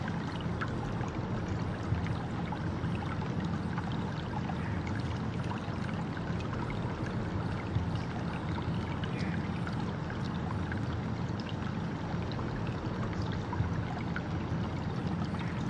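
Running water flows without pause, a dense, even rush spread from low rumble up through bright hiss. The level holds steady for the whole sixteen seconds, with only small flickers of splashing texture and no separate events standing out.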